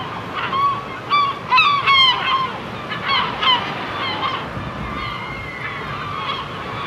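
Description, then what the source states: Gulls calling with bursts of sharp, downslurred cries in the first half, then softer drawn-out wails and fainter squawks against a steady hiss. Seagulls on the shore.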